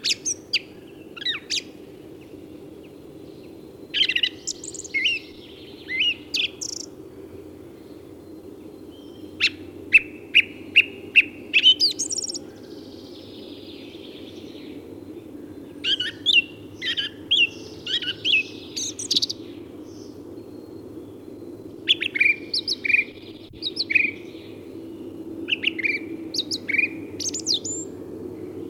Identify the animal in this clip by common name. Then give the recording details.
Song Thrush. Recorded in the wild. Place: Blumenholz, Insel Rügen, Mecklenburg-Vorpommern, DE. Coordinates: 53.455, 13.186. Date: 1980-04-01. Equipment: Nagra III BH, Sennheiser MD 21, parabola. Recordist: Schubert, Michael. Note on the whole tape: Gesang Singdrossel